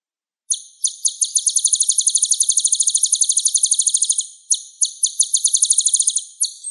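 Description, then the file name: Sunbird song: a fast, high, buzzy trill of rapidly repeated sharp notes, running about four seconds, a short pause, then resuming in bursts. "suara burung kolibri ninja"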